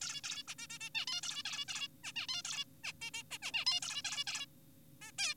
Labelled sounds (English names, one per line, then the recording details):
Zebra Finch
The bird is an adult
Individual g4p5U